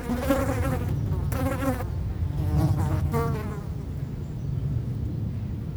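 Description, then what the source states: Fly: flies buzzing in a few bursts of wavering harmonic drone, over a steady low wind rumble. Flies feeding on dung, close-up; Chemin de Lombardil, Fenouillet, France; windy day near Blagnac airport; Sennheiser MKH8040 ORTF pair with SD MixPre6.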